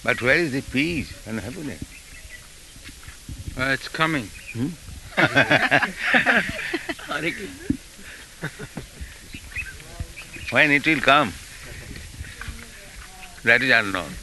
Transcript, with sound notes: but where is the peace and happiness?
It's coming.
[laughs] When it will come? That is unknown.